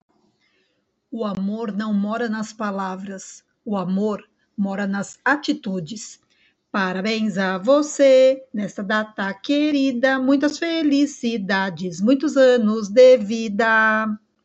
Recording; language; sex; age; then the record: short text; Brazilian Portuguese; female; 40 to 49 years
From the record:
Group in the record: control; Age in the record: 49 years